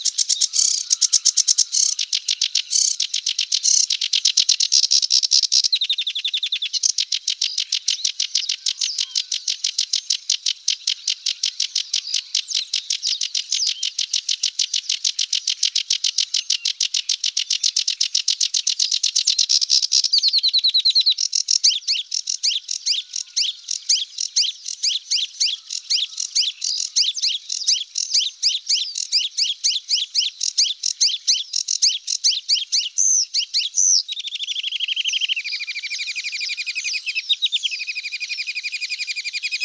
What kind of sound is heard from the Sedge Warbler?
song